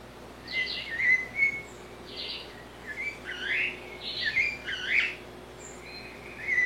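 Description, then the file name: Blue-bellied parrot song: a lively run of whistled notes, harsh bursts and rising slurred phrases, with steady low background hiss. "Canto do sabia cica"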